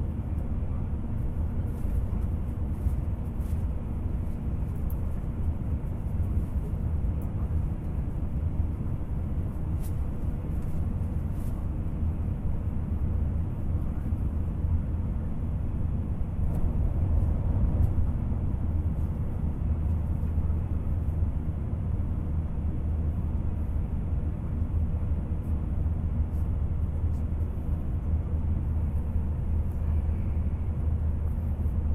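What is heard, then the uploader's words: A city train rumbles steadily throughout, a dense low roar with a deep hum that never lets up. The level stays nearly constant, swelling slightly around the middle, with faint brief ticks and clicks scattered over the top. CITY TRAIN AMBIENT SOUND.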